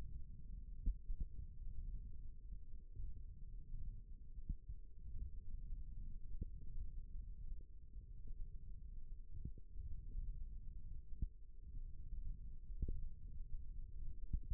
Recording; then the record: forearm muscle sounds (acoustic myography)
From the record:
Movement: thumb flexion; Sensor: system 1, eight BSWA MPA416 microphones around the upper forearm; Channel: 2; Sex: male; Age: 18 years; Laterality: right